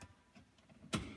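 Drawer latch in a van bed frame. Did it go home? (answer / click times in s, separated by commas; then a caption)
yes / 0.9 s. A middle drawer under an aluminum-framed van bed is pushed closed, with faint soft knocks before its latch engages in a sharp, clear click at 0.9 seconds. The drawer ends shut with the latch seated.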